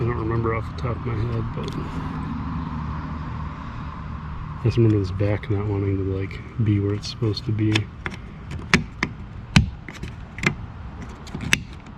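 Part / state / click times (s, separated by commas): plastic back cover onto rear wiper motor housing / seated / 11.5 s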